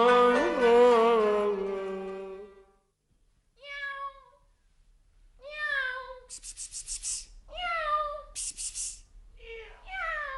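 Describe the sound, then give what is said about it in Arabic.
A female cat in the Arabic radio drama serial Al-Dabab (The Fog) gives one long, wavering meow, then after a short pause lets out a string of shorter, rising and falling meows, with a few bursts of hissy noise among them. “تعالي هني، تعالي. ايوة تعالي مال، خليكي قطة اميري.”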